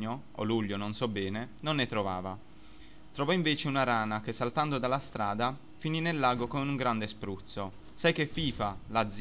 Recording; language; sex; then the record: read passage; Italian; male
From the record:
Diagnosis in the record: healthy control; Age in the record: 21 years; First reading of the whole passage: 44 s, 11.7 characters per second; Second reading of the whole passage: 44 s, 11.8 characters per second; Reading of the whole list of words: 49 s, 5.8 characters per second